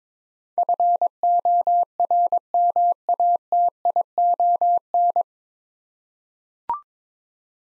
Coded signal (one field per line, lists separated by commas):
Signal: Morse code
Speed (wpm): 22 wpm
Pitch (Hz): 700 Hz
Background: none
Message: FORMATION